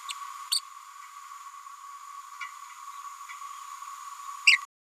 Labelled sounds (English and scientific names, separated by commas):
Green-rumped Parrotlet (Forpus passerinus) babbling